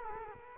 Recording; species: mosquito wingbeat signal from an infrared sensor; Culex quinquefasciatus